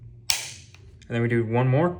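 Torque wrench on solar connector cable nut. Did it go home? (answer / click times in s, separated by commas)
yes / 0.3 s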